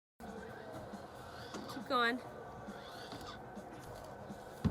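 A roof vent fan body is lowered onto its roof mounting flange and pushed to see whether it clicks into place, but it does not seat; nothing has clicked. Someone talks over a low background, with a brief tonal sound near 2.0 s and a short sharp knock at about 4.7 s. The adjustable pieces on the flange need to be popped up before the fan will go in.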